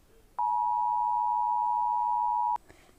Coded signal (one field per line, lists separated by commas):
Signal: Emergency Alert System (SAME) tones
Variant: 853 and 960 Hz attention tone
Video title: Rating EAS Alarms (My Version)